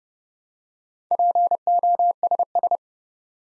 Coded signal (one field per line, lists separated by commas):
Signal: Morse code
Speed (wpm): 28 wpm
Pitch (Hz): 700 Hz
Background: none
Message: POSS